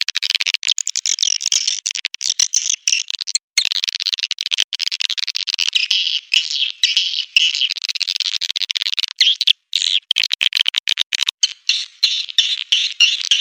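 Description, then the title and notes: Swiftlet calls: a busy, unbroken mass of high, rapid chirps and twitters, choppy and crackling throughout. Lure sound used in swiftlet bird farming, Asia. "Swiflet Bird Sound. Farming Swiflet Bird asia sound"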